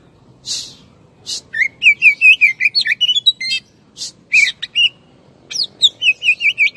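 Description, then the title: Oriental magpie-robin song of quick, varied whistled notes in rapid series, broken by scratchy noisy bursts. "Kacer"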